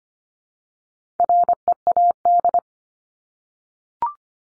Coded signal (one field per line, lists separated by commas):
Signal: Morse code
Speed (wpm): 25 wpm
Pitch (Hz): 700 Hz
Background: none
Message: READ